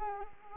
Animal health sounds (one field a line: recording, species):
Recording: mosquito wingbeat signal from an infrared sensor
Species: Anopheles arabiensis